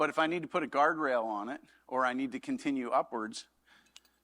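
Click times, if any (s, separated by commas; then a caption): 4.0 s. Someone talks while a metal scaffold coupling fitting is fitted onto a horizontal scaffold tube to add a guard rail or continue upward. A sharp metallic snap is heard at 4.0 seconds as the fitting snaps in and seats.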